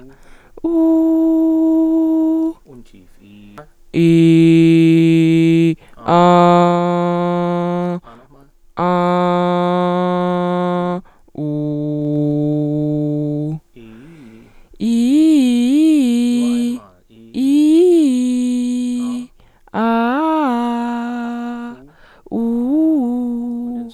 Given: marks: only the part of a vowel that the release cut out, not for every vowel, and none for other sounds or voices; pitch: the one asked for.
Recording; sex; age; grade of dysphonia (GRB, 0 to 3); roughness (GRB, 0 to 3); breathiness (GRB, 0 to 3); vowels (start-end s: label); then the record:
sustained vowels; female; 20 to 29 years; 0; 0; 0
0.77-2.44 s: vowel /u/, high pitch
4.04-5.63 s: vowel /i/, low pitch
8.88-10.77 s: vowel /a/, low pitch
11.80-13.46 s: vowel /u/, low pitch
15.48-16.36 s: vowel /i/, low-high-low pitch
19.81-21.04 s: vowel /a/, low-high-low pitch
22.39-23.66 s: vowel /u/, low-high-low pitch
From the record:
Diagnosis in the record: healthy voice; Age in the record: 21 years